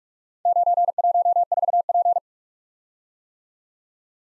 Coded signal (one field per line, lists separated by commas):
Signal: Morse code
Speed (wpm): 44 wpm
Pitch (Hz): 700 Hz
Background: none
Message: 914P